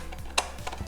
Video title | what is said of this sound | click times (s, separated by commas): Fixing My Ugly Prototype Before 1,500 People See It! | Snaps right in. | 0.4 s